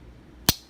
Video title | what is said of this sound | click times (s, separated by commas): GEC # 44 | you hear that nice snap | 0.5 s